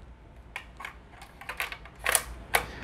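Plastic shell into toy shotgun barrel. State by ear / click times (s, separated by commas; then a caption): seated / 2.1 s, 2.5 s. Plastic dart shells are pushed into the barrels of a toy double-barrel shotgun, with light plastic rattles and taps as they slide in. They seat with crisp, satisfying clicks at 2.2 s and 2.6 s.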